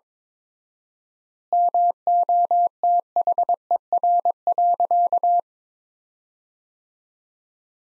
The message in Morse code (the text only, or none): MOTHER.